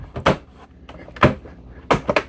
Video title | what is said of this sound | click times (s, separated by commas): Dyson Spot+Scrub AI Deep Clean! Fix Odors, Hair Wrap & Dirty Filters Fast | And it should click into place. | 1.9 s